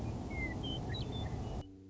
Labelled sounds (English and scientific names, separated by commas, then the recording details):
Western Meadowlark (Sturnella neglecta)
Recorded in Sonoma County, California